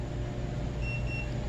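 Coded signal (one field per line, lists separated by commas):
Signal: beep code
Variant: Schlage CO-200 lock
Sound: two short high electronic beeps in quick succession over a low room hum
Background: low hum, room noise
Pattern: 2 short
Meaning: The button was held long enough, so the factory reset can continue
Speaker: Hold it down for about 10 seconds. After 10 seconds, we'll get 2 beeps and 2 green blinks, and we're waiting on that now.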